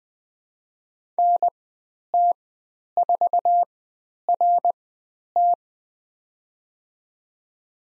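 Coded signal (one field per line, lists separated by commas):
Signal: Morse code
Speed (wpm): 20 wpm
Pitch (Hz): 700 Hz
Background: none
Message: NT4RT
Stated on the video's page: Morse code course lesson on letter C and call signs, Farnsworth speed 20/10 wpm.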